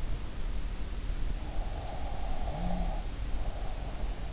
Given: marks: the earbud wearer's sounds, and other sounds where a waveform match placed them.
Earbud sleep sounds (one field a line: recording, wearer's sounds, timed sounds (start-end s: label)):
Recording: sounds in sleep by an in-ear microphone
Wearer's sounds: breath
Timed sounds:
1.70-4.18 s: breath